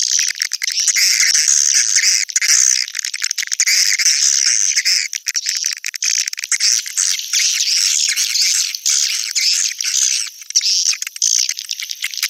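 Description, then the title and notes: Swiftlet calls in a crowded, continuous high twitter of squeaky chirps and rattling notes, fluctuating in loudness throughout. Swiftlet sound used in swiftlet farming in Asia. "Swiflet Bird Sound. Farming Swiflet Bird asia sound"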